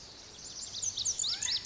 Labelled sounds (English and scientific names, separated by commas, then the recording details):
Lazuli Bunting (Passerina amoena)
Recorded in Sonoma County, California